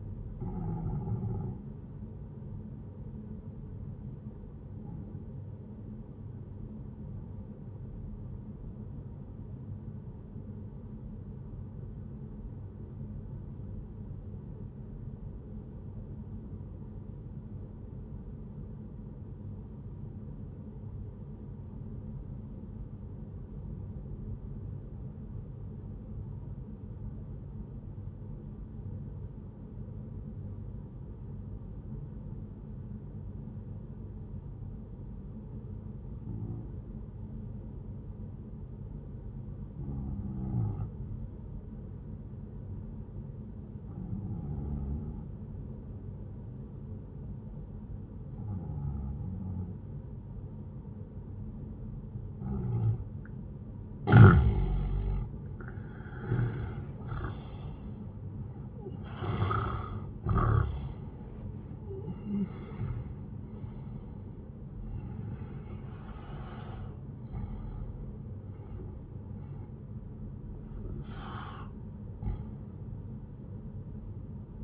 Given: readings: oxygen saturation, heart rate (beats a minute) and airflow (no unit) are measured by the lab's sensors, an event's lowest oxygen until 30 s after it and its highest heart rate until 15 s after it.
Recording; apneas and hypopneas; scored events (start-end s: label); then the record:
breathing in sleep by a smartphone at the bedside; 1
6.00-52.10 s: obstructive apnea (N2, oxygen 97% highest, then 88% lowest, heart rate 67 at the start, 80 highest)
64.00-74.64 s: new sleep stage, N1 (lightest sleep)
From the record:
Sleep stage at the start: N2 (light sleep); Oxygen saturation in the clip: 90 to 97%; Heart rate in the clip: 58 to 80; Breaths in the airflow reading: 7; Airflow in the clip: -12.5 to 14.4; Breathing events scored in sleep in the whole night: 131 in 7.2 hours asleep